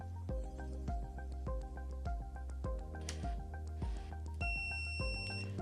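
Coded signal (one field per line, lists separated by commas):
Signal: beep code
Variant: Rollease Acmeda shade motor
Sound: background music, then one steady high beep lasting about a second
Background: background music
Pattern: 1 long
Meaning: The motor is in pairing mode; press the remote's stop button within 4 seconds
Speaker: I have a long be and I have 4 seconds to press my stop button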